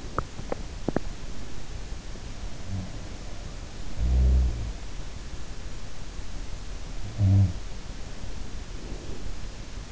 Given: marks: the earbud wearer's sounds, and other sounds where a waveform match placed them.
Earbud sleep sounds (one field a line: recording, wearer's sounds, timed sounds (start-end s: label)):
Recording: sounds in sleep by an in-ear microphone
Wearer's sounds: teeth grinding, breath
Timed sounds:
0.00-1.39 s: teeth grinding
2.48-4.91 s: sound from someone else or the room
6.88-8.05 s: sound from someone else or the room
8.63-9.40 s: breath